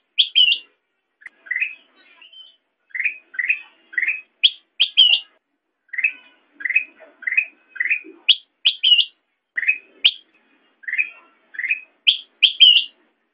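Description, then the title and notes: Sooty-headed bulbul calling with short, bubbly chirped notes in quick pairs and triplets, alternating lower and higher phrases, repeated steadily throughout. Tutor song (masteran) for training songbirds. "suara burung kutilang buat masteran"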